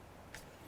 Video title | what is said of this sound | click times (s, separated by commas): Academy Live ep 31 - Wedding week guest Malin Norlén | you want to hear the click yes click is good click is good | 0.3 s